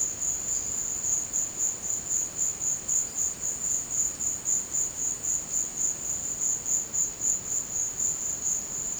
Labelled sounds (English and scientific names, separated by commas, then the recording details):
none
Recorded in dense forest near Puerto Asís, Putumayo, Colombia, on 24 March 2025 at 15:00
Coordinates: 0.500, -76.322
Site GP06